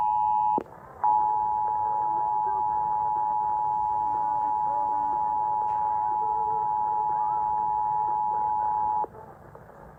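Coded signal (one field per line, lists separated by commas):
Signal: Emergency Alert System (SAME) tones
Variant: 853 and 960 Hz attention tone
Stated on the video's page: Iowa Required Monthly Test originated by an AM station and relayed on all Iowa radio and TV stations.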